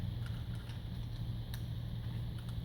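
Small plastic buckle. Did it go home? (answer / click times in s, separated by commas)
released / 1.5 s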